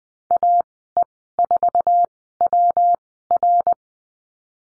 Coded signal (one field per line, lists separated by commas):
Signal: Morse code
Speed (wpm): 20 wpm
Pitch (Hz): 700 Hz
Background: none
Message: AE4WR